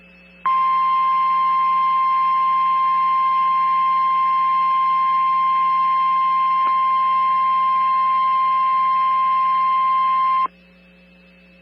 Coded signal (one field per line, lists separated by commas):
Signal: Emergency Alert System (SAME) tones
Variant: 1050 Hz attention tone